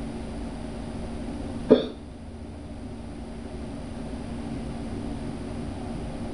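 A single sharp hiccup from an adult man, against a steady low background hum.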